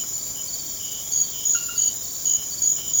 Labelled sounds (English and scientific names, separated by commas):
none